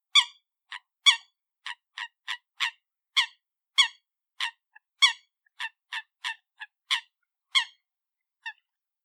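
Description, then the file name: Coot giving many short, sharp, clipped notes at uneven intervals, some louder than others, over a silent background. "Coot Bird"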